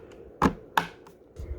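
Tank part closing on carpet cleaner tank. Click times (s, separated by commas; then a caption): 0.8 s. A plastic part on the tank of a Hoover PowerDash carpet cleaner is pushed closed; a dull knock at about 0.4 s is followed by a sharp click at 0.8 s as it snaps shut. The part is fully seated, which it must be for the machine to get suction, and a faint tick and low handling thumps follow.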